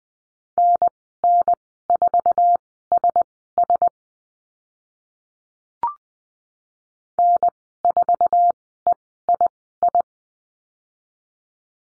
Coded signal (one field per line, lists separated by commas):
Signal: Morse code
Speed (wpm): 20 wpm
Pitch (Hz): 700 Hz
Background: none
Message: NN4SS N4EII